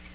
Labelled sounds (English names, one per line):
Tennessee Warbler flight call